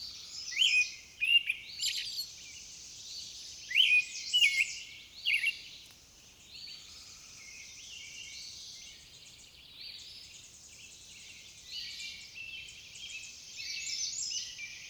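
Songbirds chirp and trill brightly in quick bursts, loudest in the first six seconds, over a soft steady hiss of flowing water.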